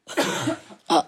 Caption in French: Elle tousse.